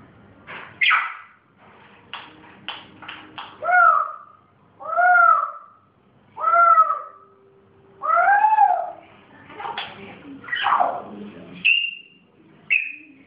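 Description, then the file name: Grey parrot mixing rapid clicking notes, repeated arching whistles and sharp high squeaks, in an irregular sequence of short calls over thirteen seconds. Pet grey parrot; its first sounds. "moy zoro zhako popugay pervye zvuki"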